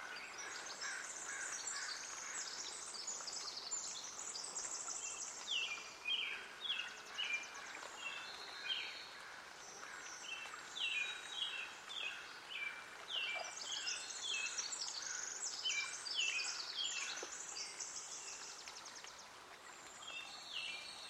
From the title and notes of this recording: Hoyt Arboretum in Portland Oregon. A field recording only.